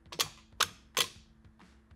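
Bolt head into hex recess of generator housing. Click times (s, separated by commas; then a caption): 0.2 s, 0.6 s. A bolt head is tapped with a hammer into the hex recess of an aluminium Sportster generator housing, giving sharp metallic taps at about 0.2 s and 0.6 s and another near 1.0 s, followed by faint softer ticks. The hex is only barely started and lightly seated, not yet fully seated in the housing.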